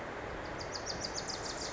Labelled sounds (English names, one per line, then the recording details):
Wilson's Warbler
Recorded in Sonoma County, California